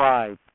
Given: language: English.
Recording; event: throat vibration sensor signal played as sound; speech